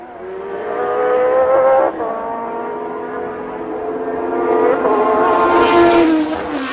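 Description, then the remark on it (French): A race car engine downshifts from fifth through fourth and third to second at the end of a straight, its loud, buzzing harmonic whine breaking off abruptly between shifts and then climbing higher in pitch as the revs rise. No one speaks. “En fin de ligne droite, rétrogradage, 5e, 4e, 3e seconde.”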